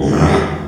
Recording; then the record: squeal of a Yucatan mini pig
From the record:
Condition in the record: after surgery on the right vocal fold (resection and tissue-engineered implant); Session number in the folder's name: 3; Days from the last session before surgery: 33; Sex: male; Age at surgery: 12 weeks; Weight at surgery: 13 kg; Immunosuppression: cyclosporine, prednisolone